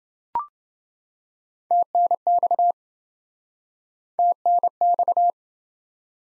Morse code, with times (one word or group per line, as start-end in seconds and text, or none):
1.7-2.7 TNX
4.2-5.3 TNX